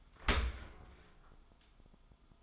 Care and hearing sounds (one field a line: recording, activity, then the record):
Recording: daily activity, microphone in the room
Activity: open dishwasher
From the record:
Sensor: 5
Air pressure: 1004.7 hPa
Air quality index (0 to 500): 89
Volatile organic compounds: 2 ppm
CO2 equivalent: 1075 ppm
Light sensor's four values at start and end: 32/73/30/29 and 32/75/30/30